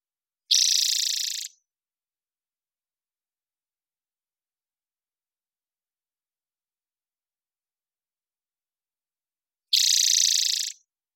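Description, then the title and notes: Spotted towhee giving two buzzy, rattling trills about nine seconds apart, each around a second long, with silence between. Recorded in the Pacific Northwest, Washington, United States; parabolic recording, clean-processed for clarity with natural pace and rhythm kept. "Spotted Towhee Song. Spotted Towhee, Pipilo maculatus. Recorded in the beautiful Pacific Northwest, Washington, United States"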